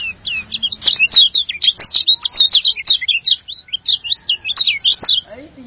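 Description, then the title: Bird song, a rapid continuous run of varied chirps and twittering notes, with a few sharp clicks. "burung"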